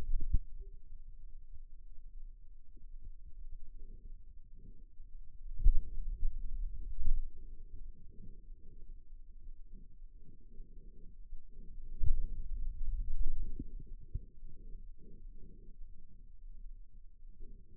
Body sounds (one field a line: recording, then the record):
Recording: forearm muscle sounds (acoustic myography)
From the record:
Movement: finger pinch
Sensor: system 2, bracelet of six BSWA MPA416 microphones around the upper forearm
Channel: 4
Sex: male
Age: 22 years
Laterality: right